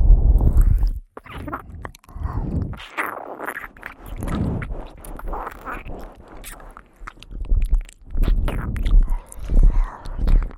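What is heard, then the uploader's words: Eating sounds: wet chewing and crunching, with bursts of smacking and biting that come every second or so. Short sharp clicks and scrapes stand out over a deep rumble that swells at the start, around two seconds, and near the end. ASMR Sleepy Ear Eating Time.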